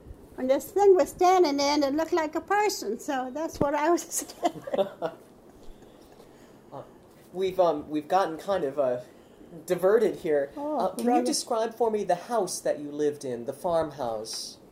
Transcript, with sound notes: And this thing was standing there, and it looked like a person. So that's what I was thinking! [Laughs]
We've gotten kind of diverted here. Can you describe for me the house that you lived in, the farm house?